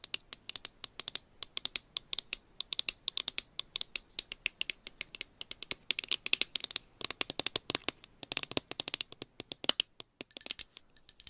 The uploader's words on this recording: ASMR IMMUNITY TEST 10 Levels of Tapping INTENSE Trigger Warning! No Talking.